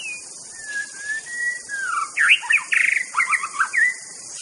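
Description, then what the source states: White-rumped shama song: long drawn-out whistles slide gently, then a burst of rich warbling and a fast rattled trill, with insects humming high behind. Wild bird in forest; original natural song.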